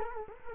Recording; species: mosquito wingbeat signal from an infrared sensor; Culex quinquefasciatus